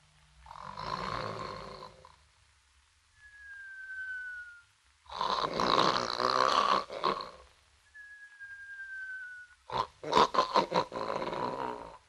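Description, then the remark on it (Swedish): Three loud, rasping snores, each followed by a thin, high whistle sliding slightly downward, in a slow, steady rhythm with no talking, like a voice performing exaggerated sleep snoring, as Pippi sleeps with her feet on the pillow. “När Pippi hade snarkat färdigt kom det någon i dörren.”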